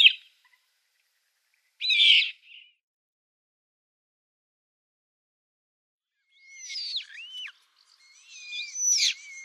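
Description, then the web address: Eurasian coot chick calls: a few thin, high, sharply bending notes, two brief bursts early, then a cluster of wavering whistled peeps near the end. Downy young. "Schulze Peter Eurasian Coot downy Young"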